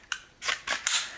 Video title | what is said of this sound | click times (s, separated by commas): Alpina ST30 / Eve 30T / ST10 / Rossignol X5 / X5 FW Ski Boots Review Video by ORS XC Skis Direct | and locks into place and the nice the benefit of this is when you're not putting holes in the ski | 0.1 s, 0.9 s